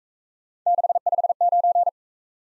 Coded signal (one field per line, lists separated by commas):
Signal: Morse code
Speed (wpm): 43 wpm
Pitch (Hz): 700 Hz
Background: none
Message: 659